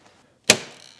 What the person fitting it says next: You could really hear that one click into place.